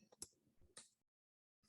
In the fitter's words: you just slide it in you'll hear a little click and then you just pull it straight out